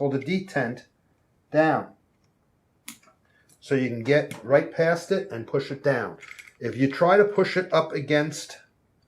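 Someone talks while handling the metal slide stop of a Citadel 9mm 1911 pistol, pressing the frame's spring-loaded detent plunger down with a non-marring tool so the stop can slide past it into the frame. A brief sharp tick comes at about 2.9 s during a pause in the talking. Nothing has seated or clicked in yet.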